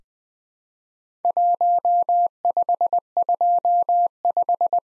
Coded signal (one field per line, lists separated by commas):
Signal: Morse code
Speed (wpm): 20 wpm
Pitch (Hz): 700 Hz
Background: none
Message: 1525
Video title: Worked All Europe DX Contest QTC Exchange 20wpm